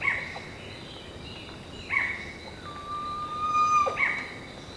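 Bird calls: three short, scratchy falling notes roughly two seconds apart, with a long even whistle held between the second and third, steady hum behind.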